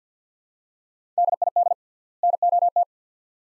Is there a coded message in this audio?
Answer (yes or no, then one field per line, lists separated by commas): yes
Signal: Morse code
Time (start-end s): 1.2-2.8 s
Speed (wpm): 48 wpm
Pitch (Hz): 700 Hz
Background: none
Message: DID NOT